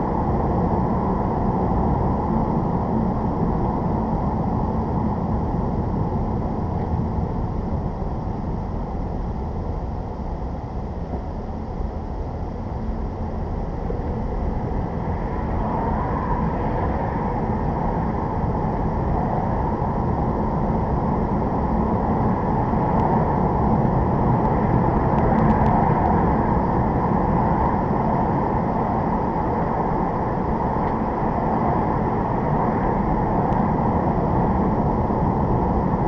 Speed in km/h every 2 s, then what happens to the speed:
52, 48, 44, 34, 27, 21, 21, 26, 34, 39, 44, 52, 55, 56, 55, 56, 56, 55.
0-10 slows to 21. 12-25 speeds up to 56. 25-36 steady at about 56.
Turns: none.